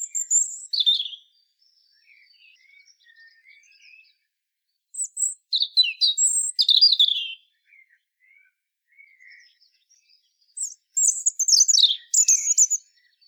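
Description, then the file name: European robin singing thin, high, varied warbling phrases, each a second or more long, separated by pauses with quieter twittering notes. "Erithacus rubecula"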